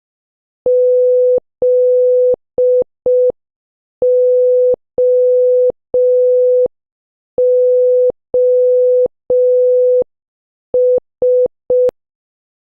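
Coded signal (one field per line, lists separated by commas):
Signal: Morse code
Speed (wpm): 5 wpm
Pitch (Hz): 500 Hz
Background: none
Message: ZOOS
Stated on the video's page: Morse practice words from letters O to Z, starting slow and gradually increasing speed.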